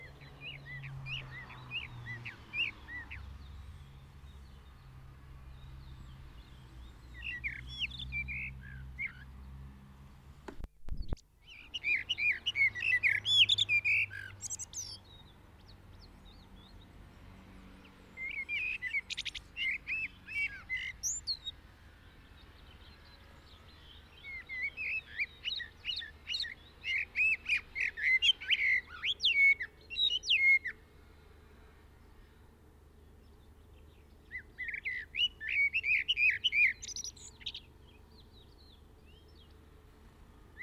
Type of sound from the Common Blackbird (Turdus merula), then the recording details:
song. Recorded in the wild. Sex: male. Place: Kaiserslautern, Rheinland-Pfalz, DE. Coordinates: 49.26, 7.45. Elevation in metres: 260. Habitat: garden. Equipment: Nagra IV, Sennheiser MKH 405, Parabolreflektor. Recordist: Tretzel, Erwin